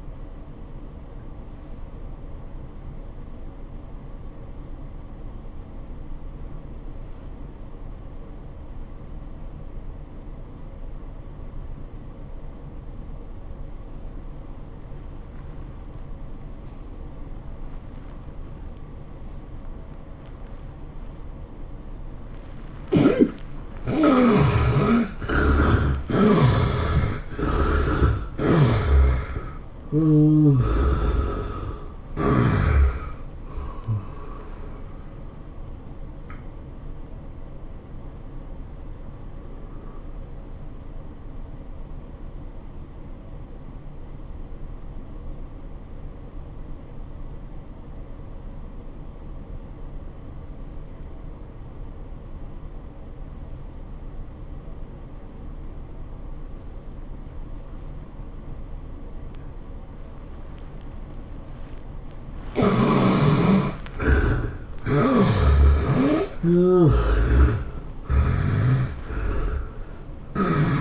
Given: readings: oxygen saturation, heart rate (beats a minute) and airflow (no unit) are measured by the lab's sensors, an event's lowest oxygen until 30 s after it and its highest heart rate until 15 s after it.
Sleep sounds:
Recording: breathing in sleep by a smartphone at the bedside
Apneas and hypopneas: 2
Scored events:
5.00-23.50 s: obstructive apnea (N1, oxygen 95% highest, then 72% lowest, heart rate 80 at the start, 105 highest)
41.00-62.30 s: obstructive apnea (N1, oxygen 96% highest, then 69% lowest, heart rate 88 at the start, 106 highest)
From the record:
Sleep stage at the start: N1 (lightest sleep)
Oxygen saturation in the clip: 72 to 96%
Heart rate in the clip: 74 to 105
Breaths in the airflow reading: 7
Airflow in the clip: -13.0 to 12.4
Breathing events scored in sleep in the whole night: 403 in 5.5 hours asleep

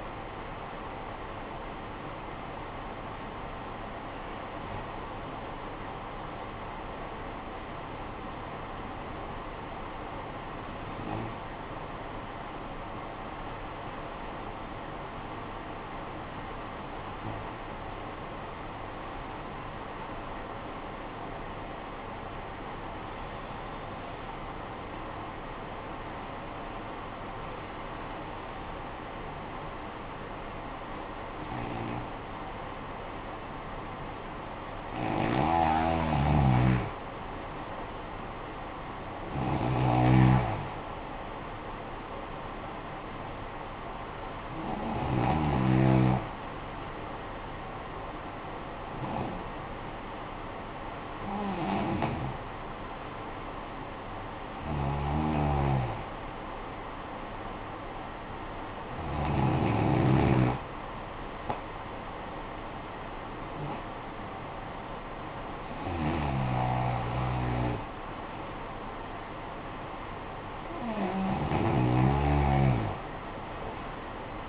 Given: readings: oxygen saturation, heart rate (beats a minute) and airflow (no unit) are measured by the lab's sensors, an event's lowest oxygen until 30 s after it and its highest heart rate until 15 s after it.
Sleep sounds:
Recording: breathing in sleep by a voice recorder at the bedside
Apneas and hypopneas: 2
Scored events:
0.00-18.00 s: awake
3.00-33.00 s: new sleep stage, N1 (lightest sleep)
3.00-33.90 s: hypopnea (scored as awake, oxygen 97% highest, then 93% lowest, heart rate 80 at the start, 80 highest)
33.00-74.49 s: new sleep stage, N2 (light sleep)
54.00-70.30 s: hypopnea (N2, oxygen 95% highest, then 92% lowest, heart rate 53 at the start, 59 highest)
From the record:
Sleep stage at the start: awake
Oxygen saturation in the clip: 93 to 98%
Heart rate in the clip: 50 to 80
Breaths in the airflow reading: 18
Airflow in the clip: -10.6 to 11.3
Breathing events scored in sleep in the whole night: 445 in 7.6 hours asleep

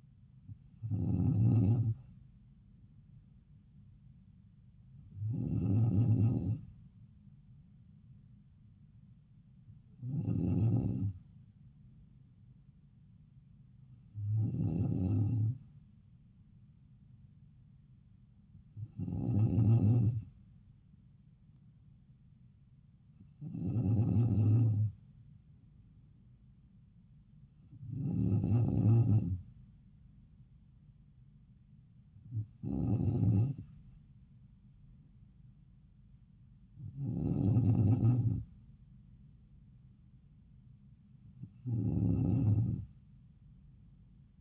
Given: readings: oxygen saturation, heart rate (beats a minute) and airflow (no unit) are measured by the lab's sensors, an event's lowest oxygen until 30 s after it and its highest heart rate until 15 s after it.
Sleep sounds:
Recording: breathing in sleep by a smartphone at the bedside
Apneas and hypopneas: none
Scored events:
none scored
From the record:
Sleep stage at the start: N2 (light sleep)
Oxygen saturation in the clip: 94%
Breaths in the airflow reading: 10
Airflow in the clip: -3.1 to 3.2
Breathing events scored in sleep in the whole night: 270 in 6.1 hours asleep

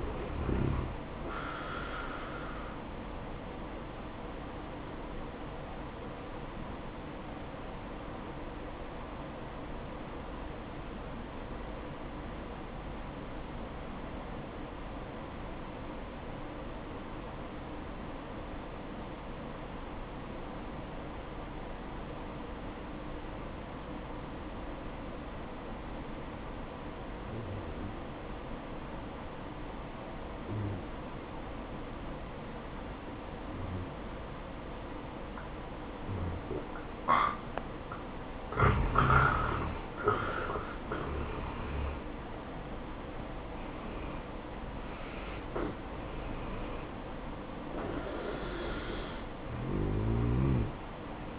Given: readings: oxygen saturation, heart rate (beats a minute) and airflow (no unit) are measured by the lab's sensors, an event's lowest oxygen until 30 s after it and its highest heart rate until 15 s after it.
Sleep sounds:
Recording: breathing in sleep by a voice recorder at the bedside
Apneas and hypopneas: 1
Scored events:
10.00-39.40 s: obstructive apnea (N1, oxygen 94% highest, then 83% lowest, heart rate 59 at the start, 76 highest)
From the record:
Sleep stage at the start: N1 (lightest sleep)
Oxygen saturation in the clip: 83 to 94%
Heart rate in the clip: 59 to 78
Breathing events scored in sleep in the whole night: 573 in 9.8 hours asleep

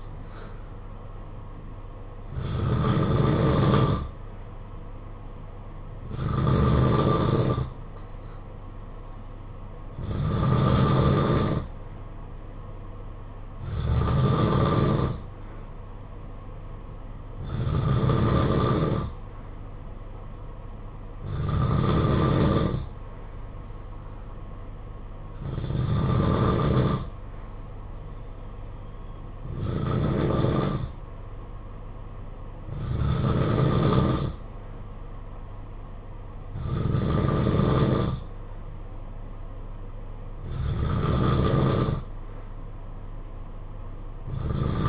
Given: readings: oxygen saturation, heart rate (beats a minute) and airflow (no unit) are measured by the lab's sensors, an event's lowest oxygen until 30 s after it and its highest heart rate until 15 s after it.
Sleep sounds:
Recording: breathing in sleep by a smartphone at the bedside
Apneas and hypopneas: none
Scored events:
none scored
From the record:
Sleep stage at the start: N2 (light sleep)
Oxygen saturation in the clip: 91 to 93%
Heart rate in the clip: 53 to 59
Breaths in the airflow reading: 11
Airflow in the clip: -8.7 to 4.8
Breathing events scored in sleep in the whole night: 476 in 9.7 hours asleep

